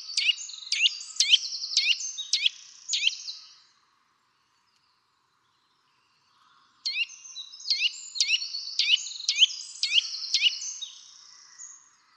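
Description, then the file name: Eurasian nuthatch giving two series of sharp, high notes, separated by a silent gap of about three seconds. "Sitta europaea"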